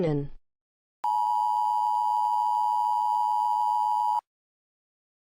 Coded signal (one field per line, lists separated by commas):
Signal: Emergency Alert System (SAME) tones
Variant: 853 and 960 Hz attention tone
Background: speech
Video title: EAS MOCK CIVIL EMERGENCY MESSAGE